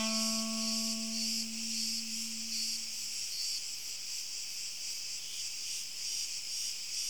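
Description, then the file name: Crickets give a steady high-pitched chirring chorus; a low humming tone sounds beneath it for the first three seconds, then fades. Crickets outdoors, high-pitched stridulation. "Grillen Frei Hoch Reibton"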